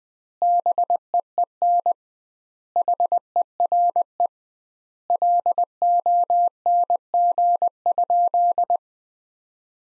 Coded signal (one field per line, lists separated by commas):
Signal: Morse code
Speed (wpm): 21 wpm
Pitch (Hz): 700 Hz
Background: none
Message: BEEN HERE LONG?